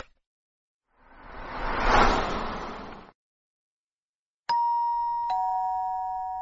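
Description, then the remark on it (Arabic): An apartment doorbell, rung by visitors, sounds two bright chime tones, ding then dong, each ringing out and fading slowly, after a brief swelling rush of noise that rises and cuts off. “قرعنا الجرس”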